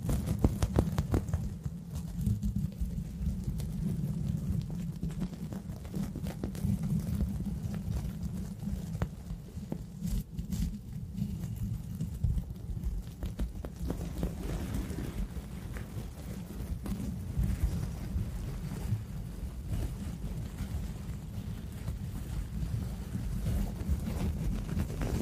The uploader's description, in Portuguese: sons de tapping, scratching, sons de boca, pincel na tela